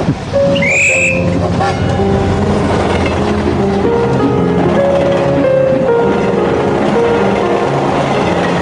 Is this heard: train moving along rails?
yes